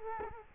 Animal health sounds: mosquito wingbeat signal from an infrared sensor; Culex quinquefasciatus

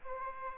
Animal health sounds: mosquito wingbeat signal from an infrared sensor; Aedes aegypti

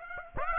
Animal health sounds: mosquito wingbeat signal from an infrared sensor; Aedes aegypti

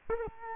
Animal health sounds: mosquito wingbeat signal from an infrared sensor; Culex quinquefasciatus

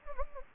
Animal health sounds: mosquito wingbeat signal from an infrared sensor; Anopheles gambiae

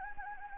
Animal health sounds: mosquito wingbeat signal from an infrared sensor; Anopheles gambiae

